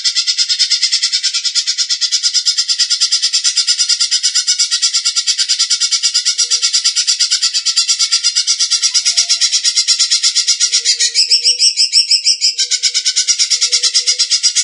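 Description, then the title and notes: Leafbird song of continuous high, rattling chatter, pulsing evenly and rapidly, with a brief change in tone late. "Cucak Ijo"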